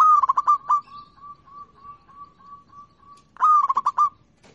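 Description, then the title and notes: Zebra dove song: a burst of quick stuttered coos, then a long run of soft, evenly paced notes, ending in another loud stuttering phrase. Local (lokal) bird, chirping. "Kicau Perkutut Lokal. Kicau Burung Perkutut"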